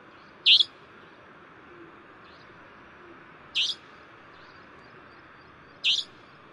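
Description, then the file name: Savanna nightjar uttering three loud, harsh, high-pitched calls at uneven intervals of a few seconds, over steady background noise. "台灣夜鷹"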